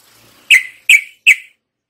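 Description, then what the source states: Yellow-vented Bulbul: three short, sharp whistled notes in quick succession, each falling slightly. Masteran tutor song for training songbirds; tembakan-style song from a champion trucukan.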